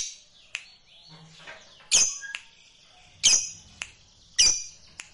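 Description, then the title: Lovebird giving a few sharp, high, harsh chirps, with softer squeaky notes in between. Fighter lovebird. "Begitu Dengar Suara Lovebird FIGHTER NGEKEK PANJANG"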